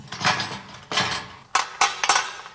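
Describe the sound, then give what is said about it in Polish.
A wooden mallet strikes sheet metal about six times in an uneven rhythm in the first stage of metal-forming work, stretching the sheet; each loud thud carries a bright, ringing metallic tail that fades before the next blow. No one speaks. “W pierwszym etapie pracy zazwyczaj używamy młotków drewnianych, które najmniej kaleczą blachę i tylko ją rozciągają bądź zgrubiają w innych miejscach.”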